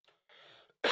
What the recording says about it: I'm still getting over this cold. I got a cough that's still lingering.